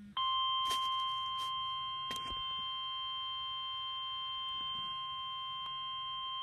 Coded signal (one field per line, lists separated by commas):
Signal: Emergency Alert System (SAME) tones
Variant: 1050 Hz attention tone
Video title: Severe Thunderstorm Warning #4 (EAS #131)